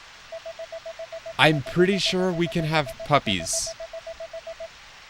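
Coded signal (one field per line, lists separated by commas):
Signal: none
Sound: a game's sound effects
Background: speech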